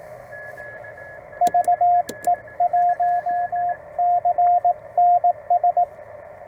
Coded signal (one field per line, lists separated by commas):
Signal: Morse code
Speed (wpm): 17 wpm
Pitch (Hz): 710 Hz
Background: radio noise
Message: VE1CNS